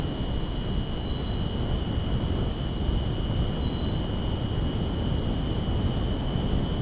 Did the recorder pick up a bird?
no